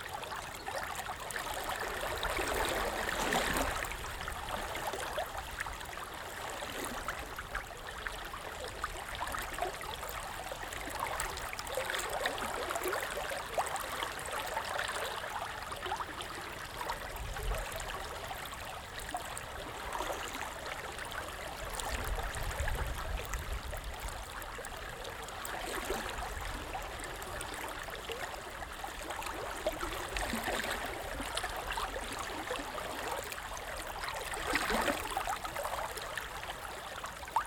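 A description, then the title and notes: A forest river runs steadily, its dense rushing and trickling filling the mids and highs without pause. The level holds even throughout, with brief swells of splashing near 3, 30 and 35 seconds and a faint low rumble underneath around 17 and 22 seconds. Forest River.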